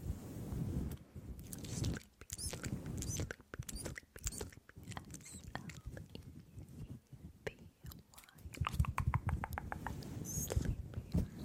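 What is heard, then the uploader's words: Long nails scratch across a fluffy microphone cover in thick, rustling bursts with a deep, muffled rumble underneath. Crisp clicks and taps break through between the bursts, a quick, even run of ticks starts around eight seconds, and a louder scrape comes near the end. ASMR Intense Brain Massage w. Extreme Long Nails (Fluffy Mic Scratching).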